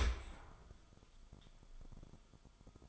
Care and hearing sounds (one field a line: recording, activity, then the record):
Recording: daily activity, microphone in the room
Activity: open dishwasher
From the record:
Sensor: 5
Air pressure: 1004.8 hPa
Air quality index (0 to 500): 94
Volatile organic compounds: 2 ppm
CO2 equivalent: 1137 ppm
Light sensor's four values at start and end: 33/75/31/30 and 33/77/31/30